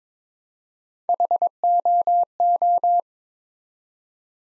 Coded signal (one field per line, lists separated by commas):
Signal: Morse code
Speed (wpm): 22 wpm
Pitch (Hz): 700 Hz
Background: none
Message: HOO